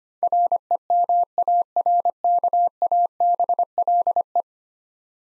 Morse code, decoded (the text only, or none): REMARKABLE